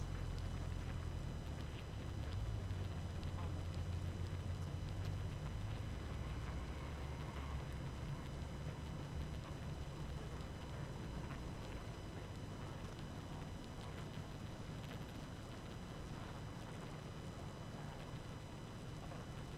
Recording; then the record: honeybee colony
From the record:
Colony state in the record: active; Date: 12 June 2018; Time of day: 22:50